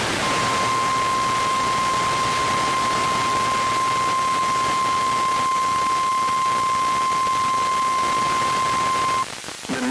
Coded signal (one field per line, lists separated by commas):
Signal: Emergency Alert System (SAME) tones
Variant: 1050 Hz attention tone